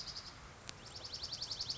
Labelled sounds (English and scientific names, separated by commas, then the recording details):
Dark-eyed Junco (Junco hyemalis)
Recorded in Sonoma County, California